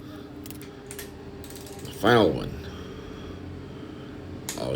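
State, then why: Torque reached. A click-type torque wrench tightens the final engine bolt on a B20 VTEC all-motor rebuild during final assembly, with someone talking over a low background hum. The wrench clicks at its torque setting at 4.5 s, leaving the engine buttoned up and snug.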